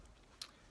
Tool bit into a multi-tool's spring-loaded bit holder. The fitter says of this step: notches aren't very deep and it's not really locking so